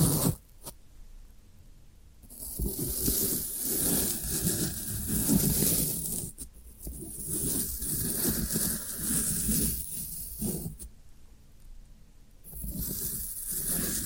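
Floral foam being worked in dense, crackling bursts of crunchy scraping and crumbling with a bright hissy edge. The pressing comes in stretches of a few seconds, separated by short quiet pauses near 1, 2, 6.5, 10 and 12.5 seconds.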